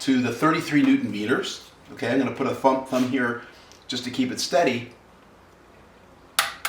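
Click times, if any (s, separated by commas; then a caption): 6.4 s. A click-type torque wrench set to 33 Nm tightens a fuel rail bolt on the cylinder head of a BMW N55 six-cylinder engine in an F33 435i, held steady with a thumb. Someone talks for the first five seconds, then after a quiet pause the wrench gives a sharp click at 6.4 s, confirming the bolt is torqued to exactly 33 Nm.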